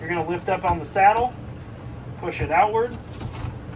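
Someone talks while the emergency escape window sash of a 2025 Forest River Rockwood Mini Lite 2520BH travel trailer is lifted and pushed outward in its frame stay, so that it will lock open for a quick exit. Only speech is heard, with no distinct mechanical sounds, and nothing has seated or clicked yet.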